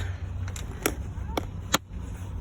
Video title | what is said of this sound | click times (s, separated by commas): Cabin Air Filter Replacement on a 2019 Hyundai Santa Fe White Preffered 2.0 with Pano Sunroof | you can hear the click and | 0.9 s, 1.7 s